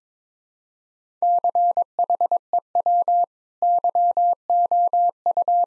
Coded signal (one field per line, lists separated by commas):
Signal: Morse code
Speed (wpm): 22 wpm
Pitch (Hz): 700 Hz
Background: none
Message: CHEW YOU